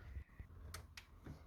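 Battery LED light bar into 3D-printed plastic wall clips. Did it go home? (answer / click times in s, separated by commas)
yes / 0.7 s, 1.0 s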